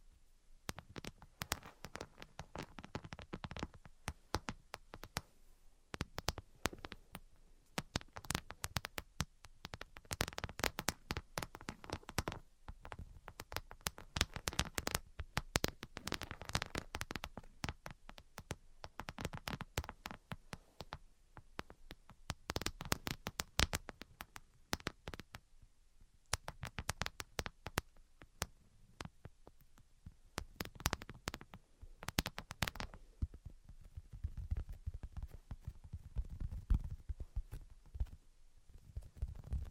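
Fingers tap, scratch and trace across a surface in dense, irregular bursts of sharp clicks, with softer low rubbing swells toward the end.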